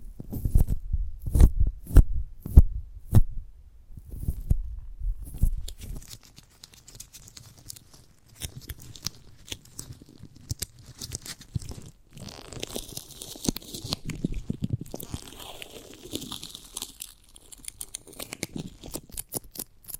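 Someone bites and chews a giant gummy bear. The first five seconds bring sharp, loud bites and crunches in quick succession. After that the chewing turns quieter and softer, a wet, sticky smacking that carries on steadily to the end.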